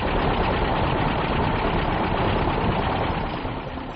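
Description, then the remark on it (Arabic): A steady, dense mechanical clatter of a printing press running in the radio drama "Al-Matba'a" (The Printing Press), broadcast by Sawt al-Arab from Cairo. A continuous churning rumble with fast rhythmic knocking holds at an even loudness, easing slightly near the end. No voices. “تمثيلية المطبعة”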